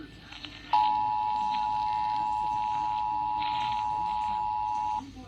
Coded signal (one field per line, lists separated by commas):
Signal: Emergency Alert System (SAME) tones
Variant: 853 and 960 Hz attention tone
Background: speech